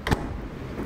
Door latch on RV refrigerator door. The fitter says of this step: clicks and locks into place and again I'll keep those doors from opening while you're moving